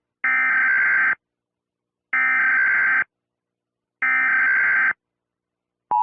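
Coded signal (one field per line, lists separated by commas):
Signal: Emergency Alert System (SAME) tones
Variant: header bursts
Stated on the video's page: EAS message aired on Nickelodeon during a rerun; old clip reuploaded from another source.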